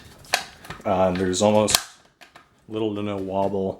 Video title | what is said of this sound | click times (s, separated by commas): Tokyo Marui HK417 Airsoft Unboxing and Review Next Generation Recoil Shock | this is very solid stock the mechanism locks into place very nicely | 0.3 s